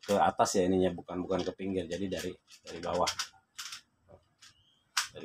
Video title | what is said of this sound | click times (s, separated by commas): M3N3BAR ILMU ...M3METICK P4H4L4 | yang bunyi klik maka | 5.0 s